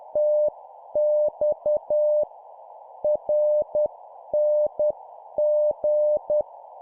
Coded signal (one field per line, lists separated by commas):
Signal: Morse code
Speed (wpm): 10 wpm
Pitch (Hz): 600 Hz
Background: none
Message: TX RNG